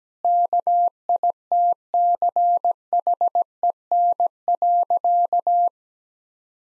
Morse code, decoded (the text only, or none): KITCHEN.